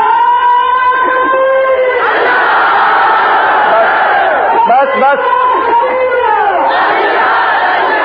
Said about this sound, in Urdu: آپ لوگ بس کریں, نعرے بات سنیں. بہت زیادہ شوق ہو نعرہ لگانے کا تو ایک نعرہ لگائیں, لیکن نعرہ ایسا ہو کہ پتہ چل جائے نعرہ ہے.